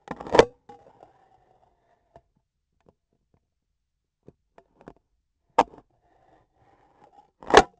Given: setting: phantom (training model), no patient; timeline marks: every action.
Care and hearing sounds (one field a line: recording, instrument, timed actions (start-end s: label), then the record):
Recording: laparoscopic instrument, vibration sensor on the handle end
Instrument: scissors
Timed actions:
0.01-0.66 s: cutting foam
5.37-5.88 s: scissors opening
7.34-7.79 s: cutting foam
From the record:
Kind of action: gesture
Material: foam